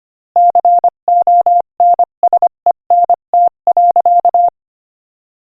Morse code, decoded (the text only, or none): CONSENT.